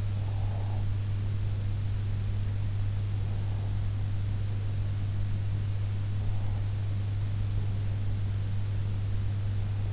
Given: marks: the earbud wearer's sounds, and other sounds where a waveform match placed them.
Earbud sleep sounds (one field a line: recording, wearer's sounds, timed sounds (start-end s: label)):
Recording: sounds in sleep by an in-ear microphone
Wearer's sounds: breath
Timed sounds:
0.00-0.99 s: breath